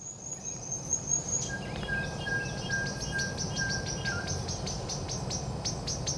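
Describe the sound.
Bird calls: a thin high whistle in the first one and a half seconds, then soft, level whistled notes, over a run of sharp repeated ticks and steady background hiss.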